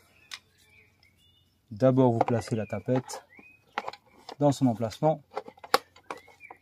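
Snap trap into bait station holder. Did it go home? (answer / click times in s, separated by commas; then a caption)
yes / 5.7 s. A plastic rat snap trap is placed into its holder inside a secured rat bait station while someone talks, with small handling clicks around it. A sharp snap at 5.7 s marks the trap seating in the slot.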